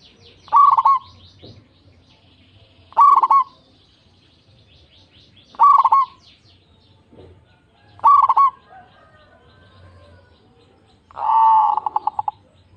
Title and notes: PERKUTUT LOKAL GACOR Suara KRISTAL LANTANG. Kicau Burung Perkutut